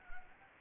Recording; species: mosquito wingbeat signal from an infrared sensor; Anopheles arabiensis